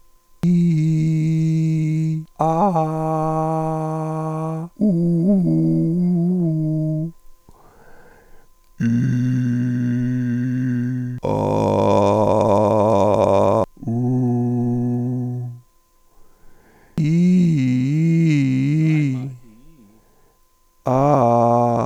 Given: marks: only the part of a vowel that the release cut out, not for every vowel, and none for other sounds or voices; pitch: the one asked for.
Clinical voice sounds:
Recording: sustained vowels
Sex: male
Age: 40 to 49 years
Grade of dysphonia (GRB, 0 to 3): 3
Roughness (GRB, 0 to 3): 3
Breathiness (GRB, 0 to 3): 1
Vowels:
0.62-1.29 s: vowel /i/, high pitch
3.47-4.49 s: vowel /a/, high pitch
5.75-6.25 s: vowel /u/, high pitch
9.14-9.88 s: vowel /i/, low pitch
12.29-13.45 s: vowel /a/, low pitch
14.62-15.39 s: vowel /u/, low pitch
20.96-21.66 s: vowel /a/, low-high-low pitch
From the record:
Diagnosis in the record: hyperfunctional dysphonia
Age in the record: 45 years

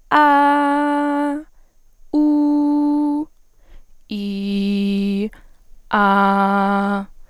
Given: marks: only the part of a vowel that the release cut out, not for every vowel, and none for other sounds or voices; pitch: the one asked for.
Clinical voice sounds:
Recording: sustained vowels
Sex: female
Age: 20 to 29 years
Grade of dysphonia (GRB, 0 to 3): 0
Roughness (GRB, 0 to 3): 0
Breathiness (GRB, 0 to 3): 0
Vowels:
0.26-1.25 s: vowel /a/, high pitch
2.24-3.12 s: vowel /u/, high pitch
4.19-5.13 s: vowel /i/, low pitch
6.00-6.92 s: vowel /a/, low pitch
From the record:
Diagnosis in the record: healthy voice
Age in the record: 20 years

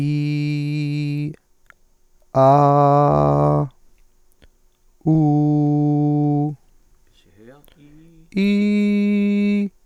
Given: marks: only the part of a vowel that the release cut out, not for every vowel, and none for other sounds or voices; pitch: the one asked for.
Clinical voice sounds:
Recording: sustained vowels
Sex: male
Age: 30 to 39 years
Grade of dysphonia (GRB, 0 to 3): 0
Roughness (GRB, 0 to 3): 0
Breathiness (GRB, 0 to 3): 0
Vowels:
0.00-1.22 s: vowel /i/, normal pitch
2.40-3.59 s: vowel /a/, normal pitch
5.11-6.43 s: vowel /u/, normal pitch
8.41-9.59 s: vowel /i/, high pitch
From the record:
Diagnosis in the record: healthy voice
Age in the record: 31 years

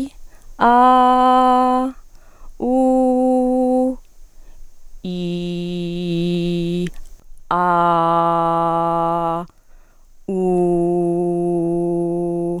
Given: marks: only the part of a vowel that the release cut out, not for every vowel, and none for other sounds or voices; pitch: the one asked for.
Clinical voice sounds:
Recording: sustained vowels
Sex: female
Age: 30 to 39 years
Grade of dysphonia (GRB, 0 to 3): 0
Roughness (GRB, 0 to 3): 0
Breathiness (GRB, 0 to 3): 0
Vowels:
0.74-1.75 s: vowel /a/, high pitch
2.76-3.73 s: vowel /u/, high pitch
5.27-6.69 s: vowel /i/, low pitch
7.69-9.25 s: vowel /a/, low pitch
10.63-12.43 s: vowel /u/, low pitch
From the record:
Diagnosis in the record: healthy voice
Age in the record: 36 years

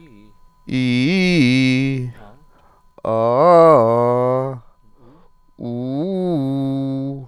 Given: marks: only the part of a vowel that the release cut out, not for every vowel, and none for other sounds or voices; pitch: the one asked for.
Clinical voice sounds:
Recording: sustained vowels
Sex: male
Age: 40 to 49 years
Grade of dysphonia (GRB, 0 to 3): 0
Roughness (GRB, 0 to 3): 0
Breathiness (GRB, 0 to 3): 0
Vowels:
0.77-1.94 s: vowel /i/, low-high-low pitch
3.13-4.42 s: vowel /a/, low-high-low pitch
5.68-7.11 s: vowel /u/, low-high-low pitch
From the record:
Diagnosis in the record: healthy voice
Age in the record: 43 years

